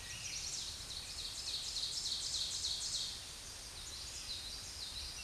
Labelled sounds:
Ovenbird song
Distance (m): 35 m
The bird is about 10 m above the microphone
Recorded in a Pennsylvania forest on 16 May 2024 at 07:15
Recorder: AudioMoth, point MSD-0627
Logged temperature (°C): 14.8 °C
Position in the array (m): 145 m, 3 m

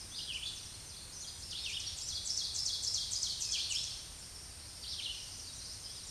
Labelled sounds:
Ovenbird song
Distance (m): 20 m
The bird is about level with the microphone
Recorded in a Pennsylvania forest on 16 May 2024 at 07:51
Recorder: AudioMoth, point MSD-2083
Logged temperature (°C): 16.7 °C
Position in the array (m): 149 m, 2 m

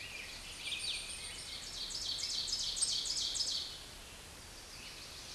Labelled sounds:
Ovenbird song
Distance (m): 15 m
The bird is about level with the microphone
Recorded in a Pennsylvania forest on 16 May 2024 at 07:11
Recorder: AudioMoth, point MSD-2287
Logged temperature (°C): 11.2 °C
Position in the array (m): 147 m, 6 m

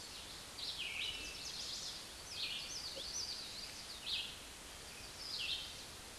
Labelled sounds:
Red-eyed Vireo song
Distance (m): 25 m
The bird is about 5 m above the microphone
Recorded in a Pennsylvania forest on 16 May 2024 at 09:09
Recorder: AudioMoth, point MSD-2287
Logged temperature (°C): 11.2 °C
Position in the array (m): 147 m, 45 m

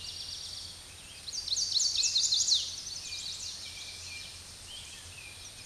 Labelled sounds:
Chestnut-sided Warbler song
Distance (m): 20 m
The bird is about 10 m above the microphone
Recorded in a Pennsylvania forest on 16 May 2024 at 06:40
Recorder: AudioMoth, point MSD-2494
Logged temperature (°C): 15.6 °C
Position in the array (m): 177 m, 181 m

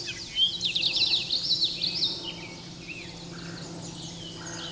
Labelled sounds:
Common Yellowthroat song
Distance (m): 10 m
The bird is about level with the microphone
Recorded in a Pennsylvania forest on 16 May 2024 at 08:05
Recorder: AudioMoth, point MSD-2143
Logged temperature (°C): 16.0 °C
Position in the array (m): 57 m, 145 m

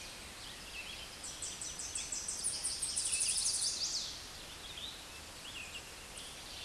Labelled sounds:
Tennessee Warbler song
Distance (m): 20 m
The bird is about 5 m above the microphone
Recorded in a Pennsylvania forest on 16 May 2024 at 08:51
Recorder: AudioMoth, point MSD-1849
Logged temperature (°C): 12.1 °C
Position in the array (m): 55 m, 38 m

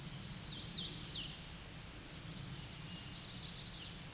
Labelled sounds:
Hooded Warbler song
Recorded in a Pennsylvania forest on 16 May 2024 at 08:05
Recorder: AudioMoth, point MSD-2201
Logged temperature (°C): 15.5 °C
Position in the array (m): 169 m, 105 m

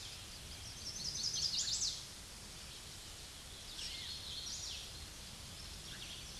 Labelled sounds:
Chestnut-sided Warbler song
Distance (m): 25 m
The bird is about 10 m above the microphone
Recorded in a Pennsylvania forest on 16 May 2024 at 07:16
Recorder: AudioMoth, point MSD-2429
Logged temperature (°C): 16.7 °C
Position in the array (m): 80 m, 65 m

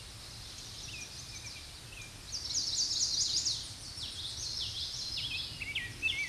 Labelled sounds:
Common Yellowthroat song
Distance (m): 30 m
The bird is about 5 m above the microphone
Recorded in a Pennsylvania forest on 16 May 2024 at 07:04
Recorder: AudioMoth, point MSD-2320
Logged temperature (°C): 12.8 °C
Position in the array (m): 235 m, 173 m

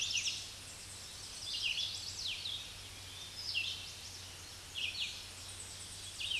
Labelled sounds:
Red-eyed Vireo song
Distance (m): 30 m
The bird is about 20 m above the microphone
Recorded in a Pennsylvania forest on 16 May 2024 at 06:42
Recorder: AudioMoth, point MSD-2095
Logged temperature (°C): 16.3 °C
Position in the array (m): 165 m, 73 m

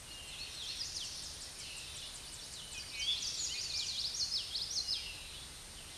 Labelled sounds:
Common Yellowthroat song
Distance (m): 30 m
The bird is about 5 m above the microphone
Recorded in a Pennsylvania forest on 16 May 2024 at 07:18
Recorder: AudioMoth, point MSD-2304
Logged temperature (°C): 16.0 °C
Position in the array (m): 240 m, 170 m

